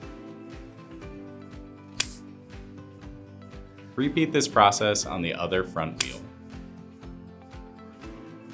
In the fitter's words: then push them into place until you hear a click.